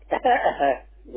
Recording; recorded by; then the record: voluntary cough; telephone call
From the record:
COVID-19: negative